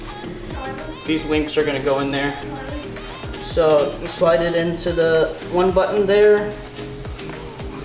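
A basket link is being slid onto a button on a Peg Perego Ypsi stroller frame while someone talks, with music playing underneath. Nothing has seated or clicked into place yet.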